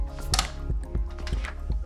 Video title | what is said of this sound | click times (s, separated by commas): How To Install Ram - Simple PC Tech Tips | and now with even force applied on both sides you're simply just going to press until you hear a click | 0.3 s, 0.4 s